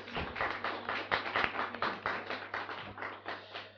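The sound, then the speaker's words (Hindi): A crowd claps steadily in welcome for about four seconds, a dense, lively patter of many hands with a few sharper individual claps standing out, fairly loud throughout with no voices over it. “नमस्ते भैया, नमस्ते दीदी, नमस्ते बच्चों, जोरदार ताली से स्वागत।”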